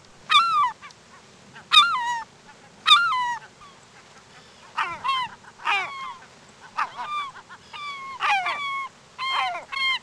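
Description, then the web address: Bird giving a series of loud, harmonic honking calls at irregular intervals. "Peterson North American Birds"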